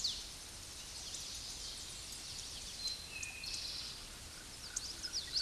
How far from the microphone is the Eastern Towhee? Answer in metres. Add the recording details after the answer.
about 25 m. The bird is about 5 m above the microphone. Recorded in a Pennsylvania forest on 16 May 2024 at 08:28. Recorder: AudioMoth, point MSD-2257. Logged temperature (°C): 16.0 °C. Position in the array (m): 169 m, 190 m